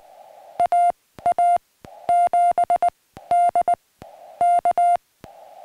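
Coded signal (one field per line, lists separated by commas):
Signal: Morse code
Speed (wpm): 19 wpm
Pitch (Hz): 700 Hz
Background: music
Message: A A 7 D K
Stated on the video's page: SOTA summit activation using a linked dipole, field test of a new QU-7025 portable paddle.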